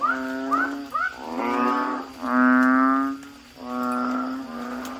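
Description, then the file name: Frogs give a few short rising yelps, then longer low mooing notes from more than one caller. "suara kodok bangkong"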